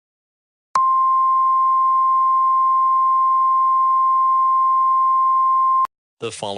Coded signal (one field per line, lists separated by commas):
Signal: Emergency Alert System (SAME) tones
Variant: 1050 Hz attention tone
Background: speech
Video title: The Hack - EAS Scenario 2